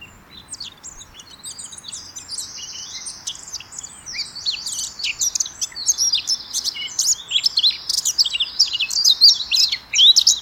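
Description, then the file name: Eurasian blackcap song: fast, varied high chirps and warbled notes that grow louder and busier toward the end. "Sylvia atricapilla"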